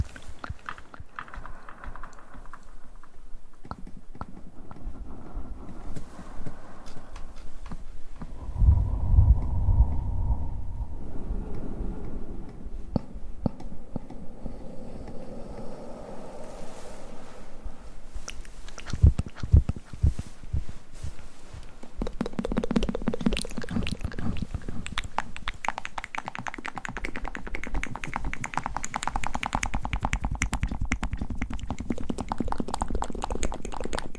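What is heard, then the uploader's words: Soft, wet mouth sounds and gentle clicks continue throughout, with louder taps around nine and nineteen seconds and a busier crackling stretch after twenty-two. ASMR Tingly Mouth Sounds & Hand Movements.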